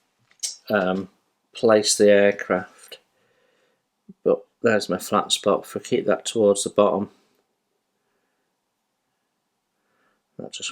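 Someone talks while lining up a plastic wheel from an Airfix 1/72 de Havilland Mosquito B.XVI kit on its landing gear leg, turning the wheel so its flat spot faces the bottom before pushing it on. Only faint, brief handling ticks are heard between the speech, followed by a long quiet stretch. Nothing has seated or clicked yet.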